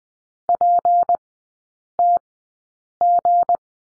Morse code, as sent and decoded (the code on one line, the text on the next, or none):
.--. - --.
PTG